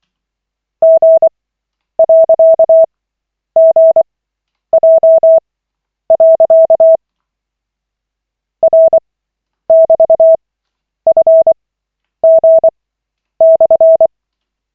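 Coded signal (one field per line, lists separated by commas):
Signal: Morse code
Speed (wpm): 24 wpm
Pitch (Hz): 650 Hz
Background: none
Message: G.GJ. R<BT>FG/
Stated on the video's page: Koch method Morse practice session, lesson 28 of 40, from an online trainer.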